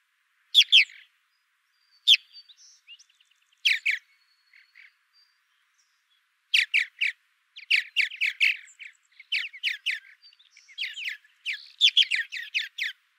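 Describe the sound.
Purple martin chatter, a few scattered throaty notes at first, then a dense, continuous stream of rough, gurgling chirps through the second half.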